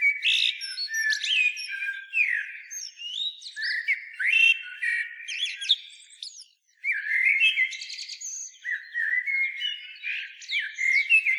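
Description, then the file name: Common blackbird giving dense, scratchy twittering with warbled and squeaky notes, nearly continuous, with one short pause partway through. "Turdus merula"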